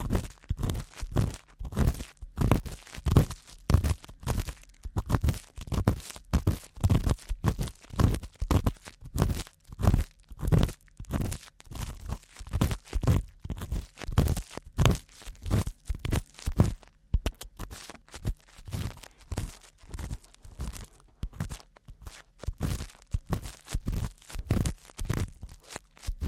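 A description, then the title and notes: Ear cleaning sounds: rapid scratchy, crinkly rubbing strokes, two or three each second, with a deep muffled thump in each. The rhythm stays steady throughout, growing slightly quicker and lighter after the midpoint. ASMR Ear Cleaning (No Talking).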